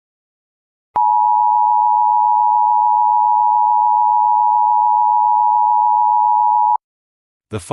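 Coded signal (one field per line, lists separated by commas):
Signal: Emergency Alert System (SAME) tones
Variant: 853 and 960 Hz attention tone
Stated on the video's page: Mock EAS bulletin made with WeatherStar 4000+ simulation.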